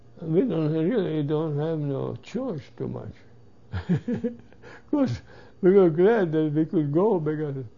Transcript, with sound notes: we don't, we really don't have no choice too much. (he laughs) Because we were glad that we could go because